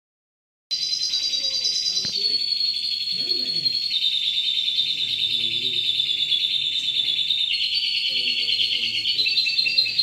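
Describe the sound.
Lovebird chatter, an unbroken stream of high shrill twittering notes that shifts slightly in pitch, with faint lower sounds in the background.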